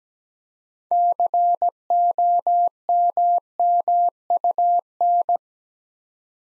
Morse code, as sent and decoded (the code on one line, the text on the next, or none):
-.-. --- -- -- ..- -.
COMMUN